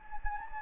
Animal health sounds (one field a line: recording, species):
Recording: mosquito wingbeat signal from an infrared sensor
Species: Anopheles gambiae